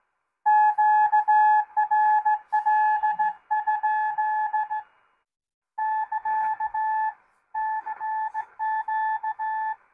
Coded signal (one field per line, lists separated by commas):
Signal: Morse code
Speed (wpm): 16 wpm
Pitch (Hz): 870 Hz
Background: none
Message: QRL? <KA> CQ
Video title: A passive CW audio filter